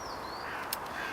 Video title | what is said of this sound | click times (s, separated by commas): Citizen science pine marten training video 2 | and in the bottom there and make sure it goes and makes a little click when you push it in | 0.7 s